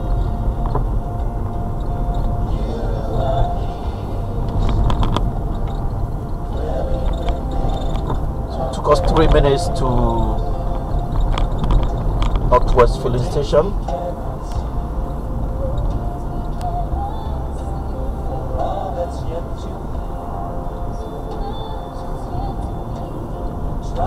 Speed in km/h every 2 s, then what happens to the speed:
44, 45, 44, 40, 42, 44, 45, 47, 48, 50, 52, 53.
0-7 steady at about 44. 7-24 speeds up to 53.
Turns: none.